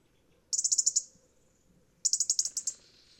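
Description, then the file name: European robin calling with two quick rattled series of sharp high ticks, each lasting about half a second, separated by a brief pause. "Erithacus rubecula"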